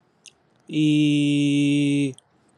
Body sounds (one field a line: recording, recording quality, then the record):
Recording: sustained vowel as in beet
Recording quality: excellent, no background noise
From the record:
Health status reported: healthy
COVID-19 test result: negative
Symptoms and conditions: none ticked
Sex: male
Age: 30 years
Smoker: not ticked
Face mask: not worn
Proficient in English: yes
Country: India